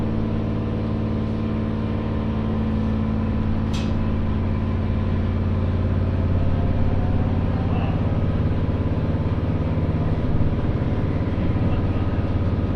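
A train on the Muroran Main Line rolls along with a steady low engine drone and hum, a brief bright click near four seconds.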